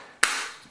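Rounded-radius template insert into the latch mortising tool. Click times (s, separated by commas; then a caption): 0.2 s. The rounded-radius insert of a Ryobi A99LM2 door latch installation kit's mortise template is fitted into the latch mortising tool body and snaps into place with a single sharp, bright click at 0.2 s. The click decays over about a quarter second, and the insert is seated.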